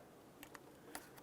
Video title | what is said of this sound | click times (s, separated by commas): How to Replace Headlight 2002-2005 Ford Explorer | now you'd want to do is just go ahead and reconnect in the wiring harness listen for a click | 0.9 s